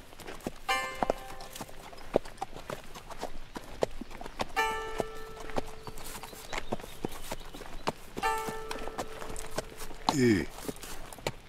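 A ridden horse's hooves clip-clop in a steady, even rhythm under a drizzle, with a few sustained tonal calls ringing over them and a brief sweeping cry near the end; no one speaks.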